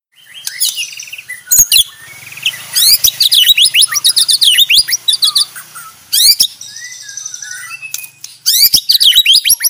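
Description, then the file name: White-rumped shama in full song, loud rapid trills and sharp chattering bursts mixed with whistled twitters, with a faint low hum underneath. Aceh variety; clear, prolific, fast and tightly delivered song. "Suara Jernih murai aceh gacor speed rapat"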